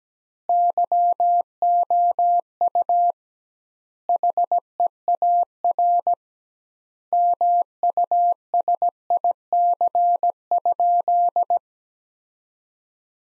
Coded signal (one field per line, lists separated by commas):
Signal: Morse code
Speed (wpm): 17 wpm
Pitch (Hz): 700 Hz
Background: none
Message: YOU HEAR MUSIC?